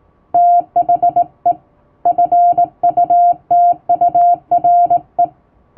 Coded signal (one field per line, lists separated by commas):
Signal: Morse code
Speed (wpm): 19 wpm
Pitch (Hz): 700 Hz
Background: none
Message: THE FUTURE